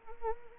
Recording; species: mosquito wingbeat signal from an infrared sensor; Anopheles arabiensis